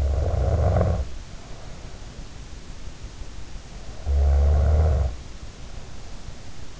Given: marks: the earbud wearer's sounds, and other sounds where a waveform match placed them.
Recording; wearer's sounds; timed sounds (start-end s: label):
sounds in sleep by an in-ear microphone; snoring breath
0.00-2.18 s: snoring breath
3.93-6.12 s: snoring breath